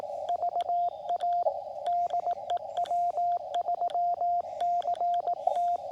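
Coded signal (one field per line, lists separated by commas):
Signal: Morse code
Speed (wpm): 18 wpm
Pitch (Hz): 700 Hz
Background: radio noise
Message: VA DE W3CT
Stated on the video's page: Call signs sent for CW practice with a QMX QRP radio on an end-fed half-wave antenna.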